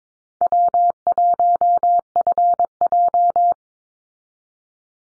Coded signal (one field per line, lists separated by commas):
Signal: Morse code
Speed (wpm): 22 wpm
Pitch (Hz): 700 Hz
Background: none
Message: W1FJ